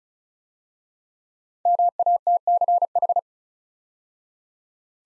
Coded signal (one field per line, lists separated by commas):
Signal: Morse code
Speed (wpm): 36 wpm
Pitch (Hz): 700 Hz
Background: none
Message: MATCH